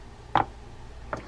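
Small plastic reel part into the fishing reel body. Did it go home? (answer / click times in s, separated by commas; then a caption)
yes / 0.4 s. A small, fragile plastic part called a bump card is pressed into a fishing reel body during reassembly, and it snaps into place with a sharp click at 0.4 s, followed by a softer tick near 1.1 s. The part is seated, and it can shatter if not handled carefully.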